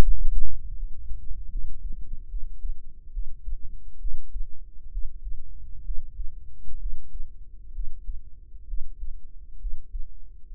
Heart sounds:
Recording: heart sounds by microphone in the right ear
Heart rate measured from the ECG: 69 bpm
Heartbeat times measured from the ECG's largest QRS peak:
0.02 s: heartbeat
0.75 s: heartbeat
1.49 s: heartbeat
2.28 s: heartbeat
3.11 s: heartbeat
3.98 s: heartbeat
4.89 s: heartbeat
5.82 s: heartbeat
6.77 s: heartbeat
7.72 s: heartbeat
8.65 s: heartbeat
9.58 s: heartbeat
10.49 s: heartbeat
From the record:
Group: healthy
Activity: breath hold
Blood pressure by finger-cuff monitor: 100/63 mmHg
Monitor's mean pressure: 81 mmHg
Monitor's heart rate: 65 bpm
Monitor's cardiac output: 6.6 L/min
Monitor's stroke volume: 92 mL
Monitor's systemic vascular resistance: 890 dyn s/cm5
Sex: female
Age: 22 years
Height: 160 cm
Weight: 45 kg

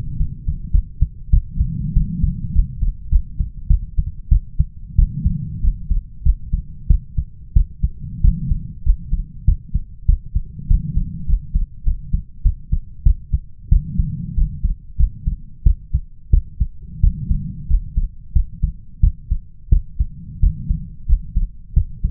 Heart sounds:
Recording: heart sounds by stethoscope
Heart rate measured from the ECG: 95 bpm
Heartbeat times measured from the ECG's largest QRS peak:
0.16 s: heartbeat
0.71 s: heartbeat
1.30 s: heartbeat
1.93 s: heartbeat
2.52 s: heartbeat
3.09 s: heartbeat
3.67 s: heartbeat
4.28 s: heartbeat
4.95 s: heartbeat
5.60 s: heartbeat
6.22 s: heartbeat
6.87 s: heartbeat
7.53 s: heartbeat
8.21 s: heartbeat
8.83 s: heartbeat
9.44 s: heartbeat
10.05 s: heartbeat
10.67 s: heartbeat
11.25 s: heartbeat
11.83 s: heartbeat
12.42 s: heartbeat
13.03 s: heartbeat
13.68 s: heartbeat
14.34 s: heartbeat
14.96 s: heartbeat
15.63 s: heartbeat
16.30 s: heartbeat
17.00 s: heartbeat
17.67 s: heartbeat
18.32 s: heartbeat
19.00 s: heartbeat
19.69 s: heartbeat
20.39 s: heartbeat
21.06 s: heartbeat
21.73 s: heartbeat
From the record:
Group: healthy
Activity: rest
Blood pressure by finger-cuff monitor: 123/90 mmHg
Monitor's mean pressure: 100 mmHg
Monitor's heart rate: 94 bpm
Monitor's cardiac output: 6.6 L/min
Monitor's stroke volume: 69 mL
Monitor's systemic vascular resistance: 1120 dyn s/cm5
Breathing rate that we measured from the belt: 20 breaths a minute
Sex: male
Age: 21 years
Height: 180 cm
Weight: 67.5 kg

